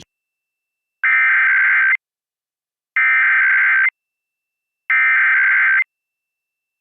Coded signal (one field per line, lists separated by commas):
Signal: Emergency Alert System (SAME) tones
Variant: header bursts